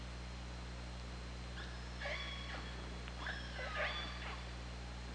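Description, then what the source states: Killer whale calls, a few faint pulsed harmonic calls with wavering tones over steady hum. Recorded by OrcaLab hydrophone on 24 August 2017 at 21:38:47.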